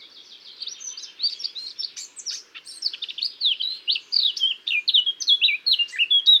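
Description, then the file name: Eurasian blackcap warbling, starting soft and scratchy and growing louder into rapid, varied whistled phrases. "Sylvia atricapilla"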